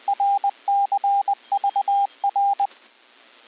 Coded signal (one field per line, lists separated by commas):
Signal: Morse code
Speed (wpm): 20 wpm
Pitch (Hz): 800 Hz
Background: radio noise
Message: RCVR